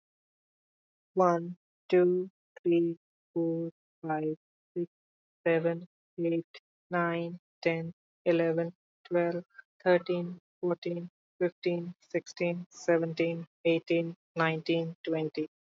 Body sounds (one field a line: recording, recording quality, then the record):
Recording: counting at a normal pace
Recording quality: excellent, no background noise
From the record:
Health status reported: respiratory illness, not identified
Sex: male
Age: 22 years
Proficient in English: yes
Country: India